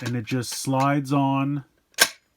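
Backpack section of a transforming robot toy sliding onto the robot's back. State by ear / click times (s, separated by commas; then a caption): seated / 2.0 s. A large plastic backpack section of a transforming robot toy slides along a track onto the robot's back while someone talks. After a short pause, a sharp click at 2.0 s marks it snapping and seating into place.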